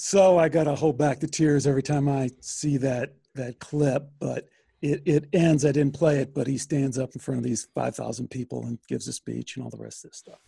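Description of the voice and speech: A man speaks fluently in a steady, clear voice with natural pauses; ordinary speech with no disorder.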